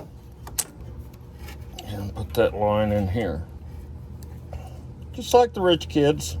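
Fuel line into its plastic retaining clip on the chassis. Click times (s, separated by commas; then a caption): 0.6 s. A fuel line on a 2021–2027 F-150, being repaired for rodent damage with the bed off, is pressed into its plastic retaining clip on the frame. A sharp click at 0.6 s marks the line snapping in and seating, with a few lighter taps afterward. Someone talks.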